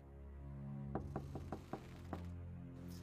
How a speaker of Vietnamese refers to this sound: Song Trai, Song Trai! Bên ngoài cửa có tiếng người vừa gõ cửa vừa gọi tên của Song Trai.